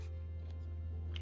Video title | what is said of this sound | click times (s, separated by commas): LG Washer Stuck with OE Error - Here's What to Do | keep pushing it'll kind of Click into place | 1.2 s